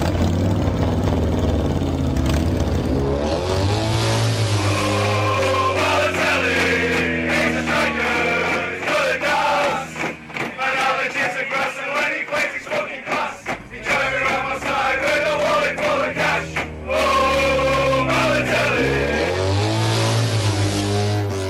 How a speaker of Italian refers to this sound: Questa è una moto che va via, correggetemi se sbaglio.